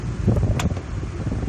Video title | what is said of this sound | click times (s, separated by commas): Camper Walkthough, Part 2 | When you close this, push and listen for a click. There you go. | 0.6 s